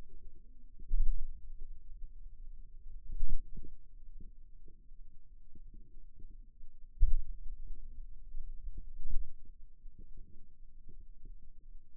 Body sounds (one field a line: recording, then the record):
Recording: forearm muscle sounds (acoustic myography)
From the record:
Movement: pen grasping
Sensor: system 2, bracelet of six BSWA MPA416 microphones around the upper forearm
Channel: 1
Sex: male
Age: 22 years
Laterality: right